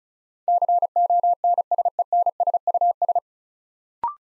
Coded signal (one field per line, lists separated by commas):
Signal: Morse code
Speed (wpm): 36 wpm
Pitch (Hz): 700 Hz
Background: none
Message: CONSENSUS